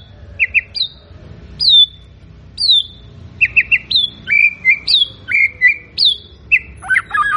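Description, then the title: White-rumped shama song with varied fluting whistles, short rapid note pairs and descending slurs, closing on a lower warbling phrase. Lure recording of a loud, actively singing shama, intended to provoke a response from other birds. "PANCINGAN MURAI BATU GACOR"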